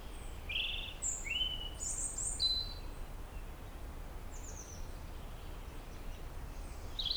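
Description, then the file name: European robin singing a lively sequence of high warbled and whistled notes in the first seconds, then a few quieter thin notes and a brief louder note at the end, with soft background noise throughout. "Erithacus rubecula"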